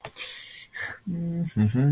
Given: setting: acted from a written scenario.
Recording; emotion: vocal sound without words; serenity